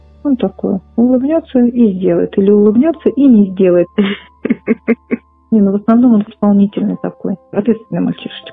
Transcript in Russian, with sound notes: Он такой: улыбнется и сделает. Или улыбнется и не сделает. (Корреспондент смеется) Не, ну, в основном, он исполнительный такой, ответственный мальчишечка.